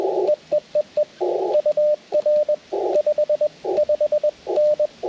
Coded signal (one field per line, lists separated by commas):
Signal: Morse code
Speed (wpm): 20 wpm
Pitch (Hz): 600 Hz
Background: radio noise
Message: EEEE UR 55N